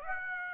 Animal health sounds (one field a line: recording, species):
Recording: mosquito wingbeat signal from an infrared sensor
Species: Aedes aegypti